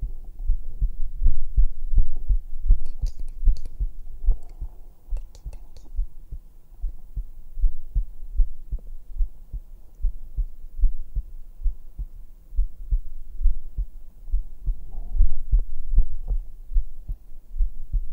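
A woman's heartbeat heard directly on the bare skin of her chest through a black 3Dio binaural microphone. Normal heart sounds.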